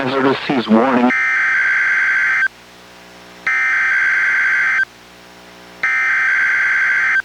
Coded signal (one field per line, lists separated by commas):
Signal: Emergency Alert System (SAME) tones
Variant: header bursts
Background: speech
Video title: EAS #899: NWR Required Weekly Test- Jan. 3, 2024- 11:03AM PST